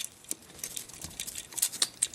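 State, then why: Not seated. A plastic shoulder piece of a Mastermind Creations Knight Morpher Screecher transforming robot figure is pushed up toward its place in the torso, making a series of small, sharp plastic taps and rattles. The shoulder resists and has not seated or clicked into place yet.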